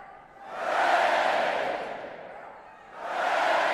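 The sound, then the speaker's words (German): A large crowd of British people cheers and shouts in a loud, roaring swell that gradually fades, then surges up again in a second burst of cheering near the end. “Die Briten jubeln”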